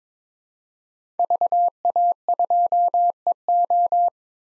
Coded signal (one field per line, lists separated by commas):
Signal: Morse code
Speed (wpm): 21 wpm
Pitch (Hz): 700 Hz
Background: none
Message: VA2EO